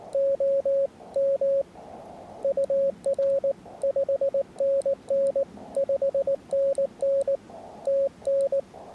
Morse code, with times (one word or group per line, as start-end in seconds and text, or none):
0.1-0.9 O
1.2-1.6 M
2.4-3.5 UR
3.8-5.4 5NN
5.8-7.4 5NN
7.9-8.6 TN